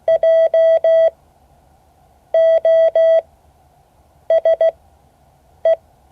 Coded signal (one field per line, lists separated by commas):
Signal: Morse code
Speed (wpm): 16 wpm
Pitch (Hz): 650 Hz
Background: none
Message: JOSE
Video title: Morse code class 2024-08-08 (9 of 12)